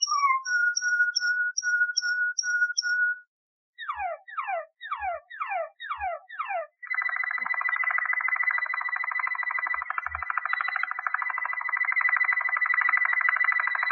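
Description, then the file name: Waterslager canary song opening with repeated high piping notes and a steady whistle, then sharp descending sweeps, then a long rapid bubbling roll. Waterslager canary breed; song variations. "variasi suara kenari waterslager"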